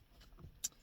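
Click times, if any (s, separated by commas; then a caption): 0.7 s. A small plastic trim cover is pressed back onto a repaired sun visor of a 2019 Mazda 3. After a faint low thump at 0.4 s, a sharp, bright snap at 0.7 s marks the cover seating in place.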